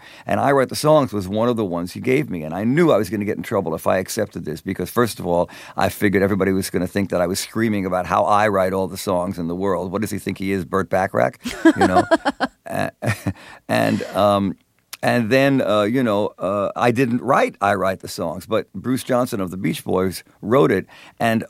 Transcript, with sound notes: And "I Write The Songs," was one of the ones he gave me, and I knew I was going to get in trouble if I accepted this, because first of all, I figured everybody was going to think that I was screaming about how I write all the songs in the world. What does he think he is, Burt Bacharach?
(Laughter).
You know, and then, you know, I didn't write, "I Write The Songs," but Bruce Johnston of the Beach Boys wrote it,